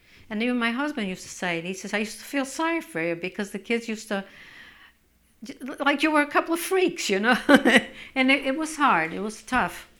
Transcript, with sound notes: And even my husband used to say, he used to say, "I used to feel sorry for you because the kids used to, like you were a couple of freaks, you know." ( she laughs ) And it was hard, it was tough.